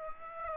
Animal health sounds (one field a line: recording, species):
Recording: mosquito wingbeat signal from an infrared sensor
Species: Aedes aegypti